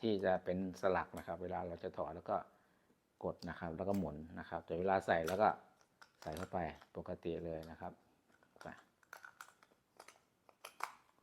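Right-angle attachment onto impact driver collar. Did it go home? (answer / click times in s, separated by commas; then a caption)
yes / 10.8 s. A DEWALT right-angle attachment is pushed straight onto an impact driver's detent collar and rotated until it locks, while someone talks for most of the clip. After the talking, a series of small sharp clicks and handling sounds follows. The attachment seats with a click at 10.8 s.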